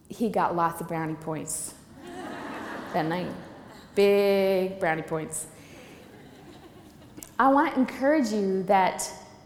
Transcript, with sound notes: He got lots of brownie points that night [laughter] -big brownie points. I want to encourage you that